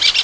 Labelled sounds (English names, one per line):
Brown-throated Parakeet contact call